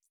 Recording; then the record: hydrophone in a shrimp aquaculture tank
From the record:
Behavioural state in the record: feeding